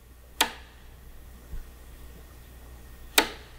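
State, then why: Seated. The selector cam on a forged aluminium Brembo 19mm RCS Corsa Corta radial brake master cylinder is rotated between settings, clicking into its detent at 0.4 s and again, one final time, at 3.2 s. Each position engages with a sharp, very positive audible click, considered important, and the selector seats cleanly in each setting.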